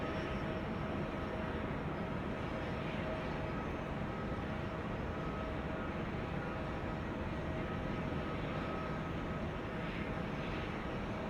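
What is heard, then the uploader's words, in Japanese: Aircraft engine noise at an airfield runs without a break, a thick, steady roar weighted toward the low end. Faint tonal whines hold across it, and around the tenth second the higher part of the roar briefly swells. 飛行場の音 – Airfield。羽田空港で録音しました。エンジン音は常に鳴っていますが、コロナの影響で飛行機の発着が少ないですね…。それでもたまに飛び立とうとするエンジンの発信音が良いです。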